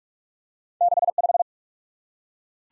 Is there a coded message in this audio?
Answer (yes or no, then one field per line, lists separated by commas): yes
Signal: Morse code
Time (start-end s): 0.8-1.4 s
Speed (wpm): 46 wpm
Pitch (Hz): 700 Hz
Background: none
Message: 65